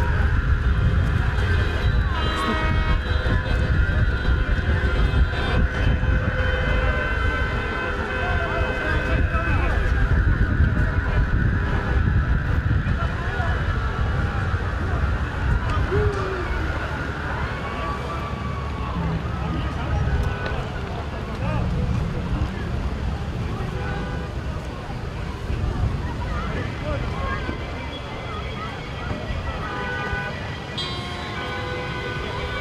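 Protest sounds recorded in Belarus: a dense, steady crowd murmur with many overlapping voices and some shouts, under a low rumble of traffic. Car horns toot now and then, clustered early and again near the end, while the din eases slightly after the middle.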